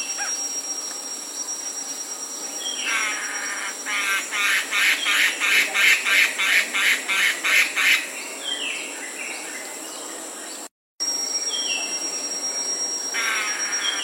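Black-and-red broadbill singing a run of rasping, evenly spaced buzzy notes lasting about four seconds, with short slurred calls before and after over a steady high hum.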